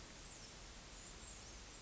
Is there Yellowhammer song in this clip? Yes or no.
no